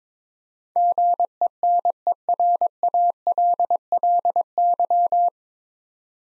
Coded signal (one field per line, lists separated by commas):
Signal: Morse code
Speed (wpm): 22 wpm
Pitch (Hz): 700 Hz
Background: none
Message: GENERALLY